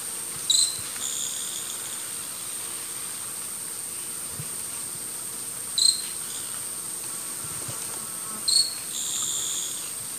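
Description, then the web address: Short-tailed pygmy tyrant giving three brief high chipping calls, spaced several seconds apart, over a steady high insect whine. "Natures Songs S America Eastern Lowlands. Myiornis ecaudatus, calls or song"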